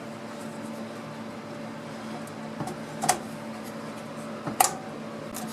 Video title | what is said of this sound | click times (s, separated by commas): GamerGraham's New PC Build - March 2017 | there is all they do is click in place ransom now easy as pie ok | 3.1 s, 4.6 s